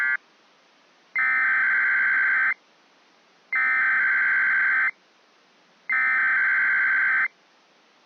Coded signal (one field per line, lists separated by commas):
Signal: Emergency Alert System (SAME) tones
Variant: header bursts